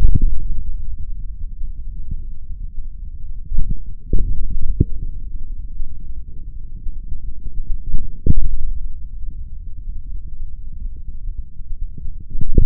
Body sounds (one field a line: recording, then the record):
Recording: forearm muscle sounds (acoustic myography)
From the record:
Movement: hand opening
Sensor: system 3, bracelet of six PUI Audio POM-2738L microphones around the upper forearm, with dedicated amplification and filtering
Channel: 6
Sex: male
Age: 26 years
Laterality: right